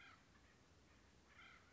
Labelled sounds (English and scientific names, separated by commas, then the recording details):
Acorn Woodpecker (Melanerpes formicivorus)
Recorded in Sonoma County, California